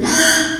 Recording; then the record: squeal of a Yucatan mini pig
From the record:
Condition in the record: after surgery on the right vocal fold (resection and tissue-engineered implant); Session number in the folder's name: 3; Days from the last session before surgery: 33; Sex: male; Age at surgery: 12 weeks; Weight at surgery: 13 kg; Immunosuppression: cyclosporine, prednisolone